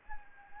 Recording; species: mosquito wingbeat signal from an infrared sensor; Anopheles gambiae